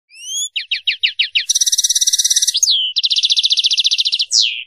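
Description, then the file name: European goldfinch song: a high twittering run of quick downslurred notes, then fast buzzy trills repeated many times a second, with clear sweeping notes between them. "chardonneret"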